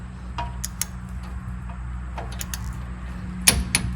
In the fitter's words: There it is. Did you hear that click?